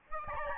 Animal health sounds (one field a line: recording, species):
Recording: mosquito wingbeat signal from an infrared sensor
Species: Aedes albopictus